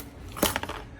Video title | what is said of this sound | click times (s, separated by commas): Upgraded 5TH Gen Ram 1500 with PowerStop Evolution Brake Pads and Lasfit Floor mats installed | These things snap right in. | 0.6 s